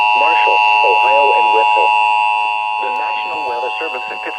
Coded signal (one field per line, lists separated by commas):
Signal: Emergency Alert System (SAME) tones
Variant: 853 and 960 Hz attention tone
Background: speech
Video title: (FIRST ONE CAUGHT) High Wind Warning (3/1/18) (EAS #184)